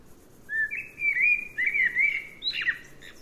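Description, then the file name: Common blackbird song with rich, flute-like whistled notes gliding up and down, followed by a short, scratchy high twitter. "Turdus merula"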